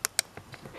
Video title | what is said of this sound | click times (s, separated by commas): How to magnetize a kraken / seplucher kit | top Canon clicks on see | 0.1 s, 0.2 s